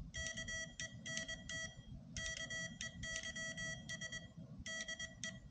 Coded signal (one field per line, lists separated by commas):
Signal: Morse code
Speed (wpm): 22 wpm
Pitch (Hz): 1950 Hz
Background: none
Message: KENT KEYS DE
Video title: My Key Collection